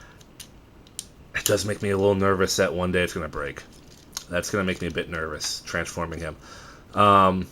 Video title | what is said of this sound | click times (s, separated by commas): Transformers The Last Knight Hotrod | this locks into place right here during transformation. | 1.0 s